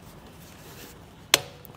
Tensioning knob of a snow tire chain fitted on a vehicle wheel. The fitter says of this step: until it tightens and you hear that click